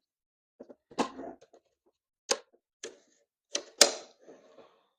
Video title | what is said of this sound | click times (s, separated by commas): Assembly Guide - Vive Folding Shower Chair For Elderly And Disabled | so now that we got these all popped into place, that was super easy. | 2.3 s, 2.8 s, 3.6 s, 3.8 s